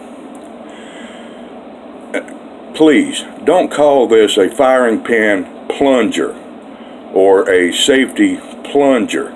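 A small part of a Glock pistol's firing pin assembly is pressed into the steel slide and turned about half a turn counterclockwise, giving a short, sharp click at 2.3 s as it seats in place. Someone talks after the click.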